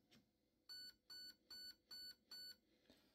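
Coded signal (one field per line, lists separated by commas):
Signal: beep code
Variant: Raven Furion ETU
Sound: five short, evenly spaced electronic beeps at a steady mid-high pitch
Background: small room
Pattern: 5 short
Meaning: Selects the active brake programming mode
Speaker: trigger pull will be active break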